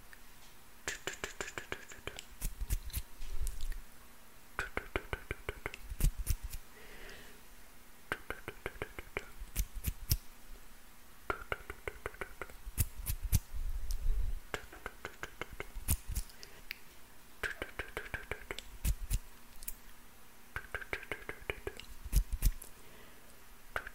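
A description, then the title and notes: Wet mouth sounds come in short clusters of sharp clicks and smacks, roughly every two to three seconds, with brief breathy pauses between them. A faint, steady low hum sits underneath. ASMR PLUCKING NEGATIVE ENERGY, ASMR HAND MOVEMENTS MOUTH SOUNDS, ASMR CLEANING ENERGY.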